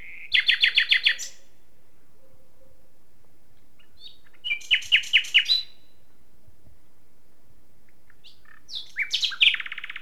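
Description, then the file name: Common nightingale song in three separate phrases, each a fast stuttering series of sharp repeated notes, with long silent pauses between them. "Luscinia megarhynchos"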